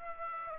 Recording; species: mosquito wingbeat signal from an infrared sensor; Aedes aegypti